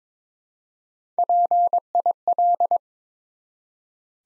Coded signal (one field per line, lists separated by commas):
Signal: Morse code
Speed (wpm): 22 wpm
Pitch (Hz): 700 Hz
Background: none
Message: PIL